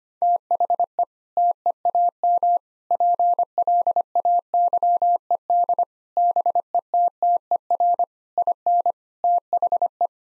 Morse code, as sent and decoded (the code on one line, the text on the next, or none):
- .... . / - . .- -- / .--. .-.. .- -.-- . -.. / -... . - - . .-. / .. -. / - .... .
THE TEAM PLAYED BETTER IN THE